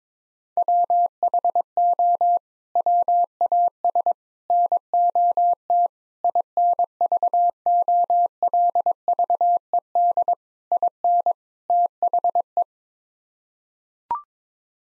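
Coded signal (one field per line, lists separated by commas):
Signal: Morse code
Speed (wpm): 22 wpm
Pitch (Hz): 700 Hz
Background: none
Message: WHO WAS NOT INVOLVED IN THE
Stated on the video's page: Morse code practice at 22 wpm: sets of six common English words, each sent in Morse, then spoken, then sent again, for head-copy training.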